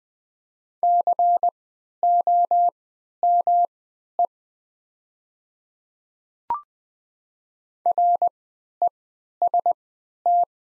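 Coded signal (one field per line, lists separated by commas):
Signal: Morse code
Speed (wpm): 20 wpm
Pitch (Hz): 700 Hz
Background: none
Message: COME REST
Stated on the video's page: Farnsworth-timed practice set of the top 500 words at 20 wpm with triple character spacing, for moving learners from individual characters to whole words.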